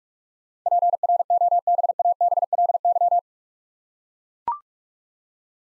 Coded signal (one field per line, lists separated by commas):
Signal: Morse code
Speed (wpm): 44 wpm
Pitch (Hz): 700 Hz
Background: none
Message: PROBABLY